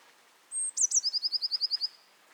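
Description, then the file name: Eurasian blue tit call: a thin, very high sustained whistle, two quick sliding notes, then a rapid even trill of about nine lower notes lasting a second. "Cyanistes caeruleus"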